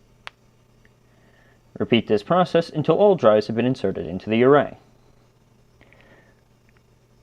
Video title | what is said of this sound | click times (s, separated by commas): Dell EqualLogic PS5500-PS6510 Pre-Configured System Install Video | once the arm of the tray begins to catch on its slot push the arm of the tray downwards until you hear or see the black tab click into place | 0.3 s